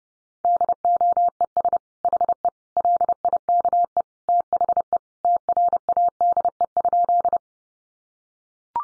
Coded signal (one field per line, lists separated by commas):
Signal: Morse code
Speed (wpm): 30 wpm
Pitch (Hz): 700 Hz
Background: none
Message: DOES HE LIKE THE TRADE?